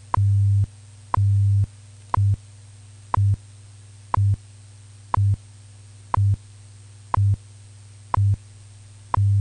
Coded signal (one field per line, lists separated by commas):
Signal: radio time signal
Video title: WWV Ionospheric Scientific Modulation Test | Signal Phantom